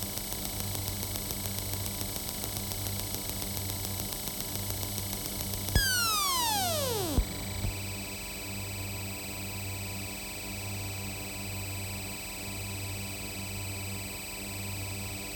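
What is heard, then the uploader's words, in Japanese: A computer disc drive reading a CD, with a low hum that pulses in a slow, regular rhythm under a thin, constant high whine. Just before six seconds a click starts a rising whir that sweeps downward and stops with a second click about a second later. CDリッピング。外付けドライブで読み込んでいたらスピーカーから滅茶苦茶カッコいいノイズが出るのでオーディオ・インターフェイスのライン出力を録ってしまいました（どこの段階でノイズが混入しているかは不明）。音声フォーマット：256kbps/ 48kHz ステレオmp3。レコーダー：TASCAM Portacapture X8（32bit float/ 96kHz収録）。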